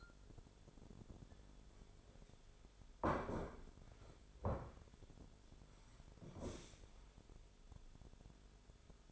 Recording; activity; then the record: daily activity, microphone in the room; sit down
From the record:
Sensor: 5